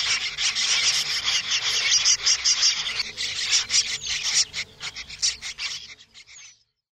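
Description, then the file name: Sand martin chatter: dense, dry, raspy twittering, continuous for about four and a half seconds before breaking up and stopping abruptly. "Brzegówka"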